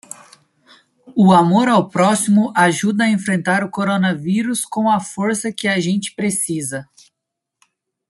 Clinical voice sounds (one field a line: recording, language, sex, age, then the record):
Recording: spoken sentence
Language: Brazilian Portuguese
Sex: male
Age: 20 to 29 years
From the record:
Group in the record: control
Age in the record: 24 years